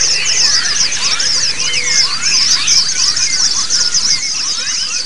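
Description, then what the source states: White-eye twittering, many high, fast notes crowding together without pause, with curving lower whistles mixed in. White-eyes singing in a group (ombyokan), a therapy (terapi) recording.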